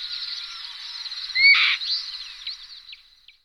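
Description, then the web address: Black-winged kite call: a brief rising whistle that breaks into a short harsh rasping screech, over a steady background of small bird chirps and twitters. "All the bird songs of Britain and Europe - Jean-Claude Roche. Elanus caeruleus"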